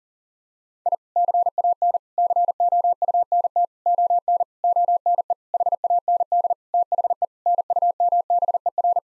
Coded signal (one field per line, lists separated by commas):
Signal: Morse code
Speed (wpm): 40 wpm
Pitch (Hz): 700 Hz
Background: none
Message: I CAN COUNT ON ONE HAND THE NUMBER